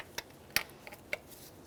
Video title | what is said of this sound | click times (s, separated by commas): How to Replace Spark Plug Wires 1994-1997 Honda Accord | listen for an audible click give it a tug | 0.6 s